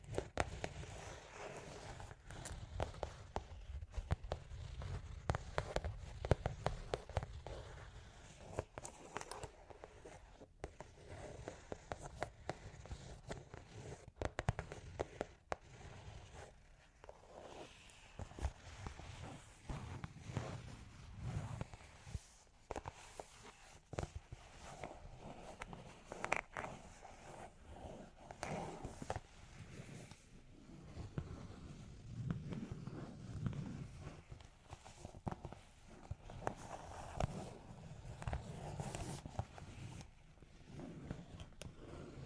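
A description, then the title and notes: Claws tap and scratch in a dense, irregular stream of short clicks and scrapes that runs without pause for the whole stretch. Sharp taps land many times a second, with rougher scratching bursts and a low rumbling underneath, louder around 5–7 and 28–40 seconds. Long Claws Tapping and Scratching (No Talking).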